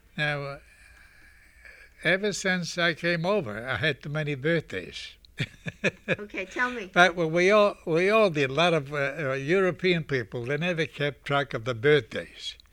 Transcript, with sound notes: Now ever since I came over I had too many birthdays. (he laughs)
Okay. Tell me...
But we all, we all did. A lot of European people, they never kept track of the birthdays.